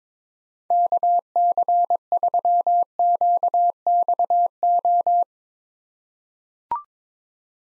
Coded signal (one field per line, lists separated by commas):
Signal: Morse code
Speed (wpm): 22 wpm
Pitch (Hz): 700 Hz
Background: none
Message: KC3QXO